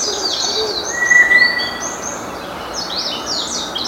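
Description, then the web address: White's thrush song: a single thin, steady whistle held for about half a second, set against a dense chorus of high chirping and twittering birds. Recorded 9 April 2013 at 05:33 in the early morning; named by its Japanese name toratugumi. "birdenaga toratugumi 20130409 0533"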